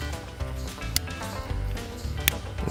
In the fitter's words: can hear a little click and there we go